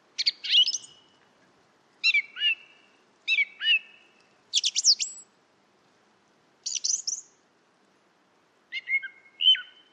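Song thrush song: short, bright phrases separated by brief pauses, one given twice in a row, mixing sharp high notes with lower whistles.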